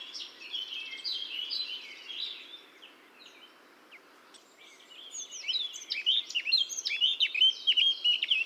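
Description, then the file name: Eurasian blackcap song: a jumbled warbling phrase of quick notes, a pause, then a louder burst of rich fluting and chattering notes toward the end. "Sylvia atricapilla"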